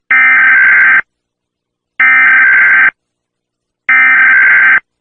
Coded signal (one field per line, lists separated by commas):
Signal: Emergency Alert System (SAME) tones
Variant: header bursts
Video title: Mariah Carey Containment Breach EAS Scenario